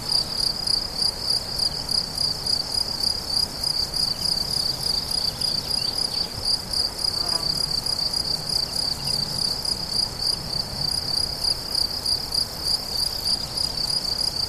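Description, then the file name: Crickets chirping steadily in a shrill pulsed chorus, about three and a half pulses per second, with a soft low hum beneath. Crickets recorded on 17 July 2013 at La Fortiche with a MZ-N710 recorder. "grillons la fortiche"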